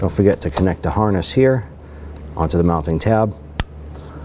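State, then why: Seated. Someone talks while a plastic wiring harness retainer clip on a 2007–2011 Honda Civic is pushed onto its mounting tab. A sharp snap is heard at 3.6 s as the clip seats onto the tab.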